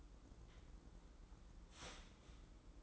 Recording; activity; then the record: daily activity, microphone in the room; start toaster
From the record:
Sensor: 3